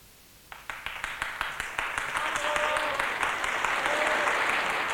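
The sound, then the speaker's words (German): Audience applause after the final chorus of a stage performance of Antigone starts with a few scattered claps, then quickly swells into dense, steady clapping from a large crowd that keeps building in loudness to the end. “Erst als ich nach dem Schlusschor den Beifall hörte, kam ich wieder zu mir.”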